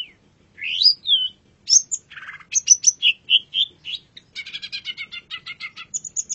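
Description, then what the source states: Long-tailed shrike song: a varied medley of slurred whistles, buzzy notes and rapid chattering phrases that change every second or so. Indonesian name cendet; labelled masteran, a tutor recording of the song.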